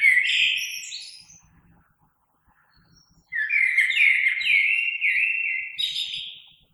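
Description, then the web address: Common blackbird song: a rich warbled phrase opening loudly then fading, a pause, then a longer fluty, twittering phrase with high squeaky notes at the end. Recorded 3 March 2020. "oiseaux Merle 2020 03 03"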